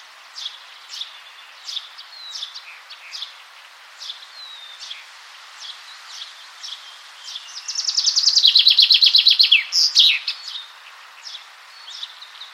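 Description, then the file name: Common chaffinch song: one rattling descending trill with a terminal flourish, preceded by repeated short high chip notes and faint whistles. "Fringilla coelebs"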